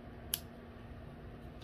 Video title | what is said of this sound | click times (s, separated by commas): TOP 5 Leatherman Multitools!! | all of the tools lock into place and can be unlocked by pressing this here | 0.3 s